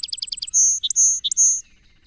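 Song sparrow song: the end of a quick trill of chips, then three long high notes alternating with short sharp notes, then quiet.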